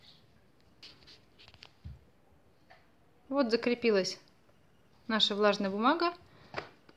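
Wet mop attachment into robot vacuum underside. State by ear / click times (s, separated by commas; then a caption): seated / 6.6 s. A wet-cleaning mop module with its wet paper is fitted onto the underside of an Oriflame robot vacuum while someone talks, with soft handling taps early on. A sharp click at 6.6 s marks the mop module locking into place.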